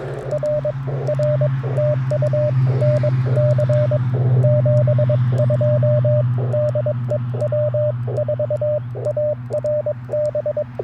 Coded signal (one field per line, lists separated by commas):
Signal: Morse code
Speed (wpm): 21 wpm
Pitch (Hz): 590 Hz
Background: radio noise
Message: R R TU NC 72 DE W4ARB